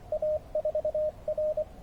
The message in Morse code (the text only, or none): A4R